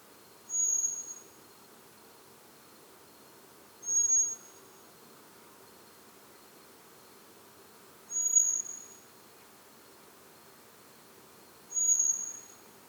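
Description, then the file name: Common blackbird giving high, drawn-out, thin whistles, four of them repeated roughly every three and a half to four seconds against quiet background hiss. "Turdus merula"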